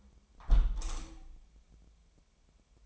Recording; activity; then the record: daily activity, microphone in the room; close window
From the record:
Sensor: 1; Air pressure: 1015.0 hPa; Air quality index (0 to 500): 49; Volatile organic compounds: 1 ppm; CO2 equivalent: 660 ppm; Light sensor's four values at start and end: 10/25/10/11 and 10/25/10/11